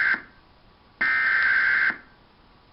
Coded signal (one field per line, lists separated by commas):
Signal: Emergency Alert System (SAME) tones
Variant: header bursts